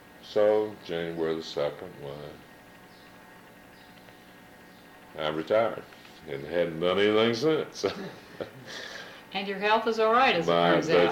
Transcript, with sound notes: So, January the second why, I retired and hadn't done anything since. [laughter]
And your health is all right as it turns out.